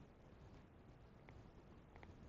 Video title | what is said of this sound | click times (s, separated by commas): PVS 18 Digital upgrades | doesn't snap into place. And that's wobbly. | none